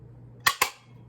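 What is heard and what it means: A steel dust cover is pushed down onto an AK rifle receiver with forward pressure from the back until it snaps into place. Two sharp metallic clicks ring out at 0.5 s and 0.6 s, and the cover is seated.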